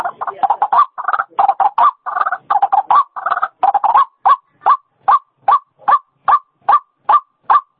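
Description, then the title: White-breasted waterhen calling, a fast run of harsh, nasal croaking notes that settles into single clipped notes repeated at a steady, rapid rate. Female; recording used as a lure sound (pikat). "Suara Pikat Ruak Ruak Betina"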